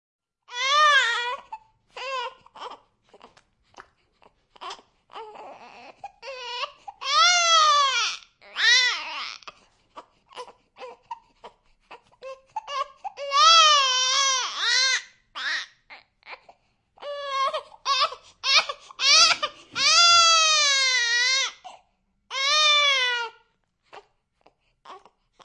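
Repeated high-pitched, wavering wails with gasping pauses between bursts: a six-week-old baby crying, in a small room.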